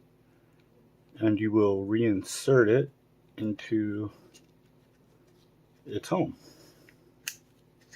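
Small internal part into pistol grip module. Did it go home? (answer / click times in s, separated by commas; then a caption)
yes / 7.3 s. Someone talks while reinserting a small metal part that came out during disassembly of a Sig Sauer P365 back into its home in the pistol grip module. After a faint tick near 6.9 s, a sharp, bright click at 7.3 s marks the part seating in place. It is confirmed in, visibly moved to the side.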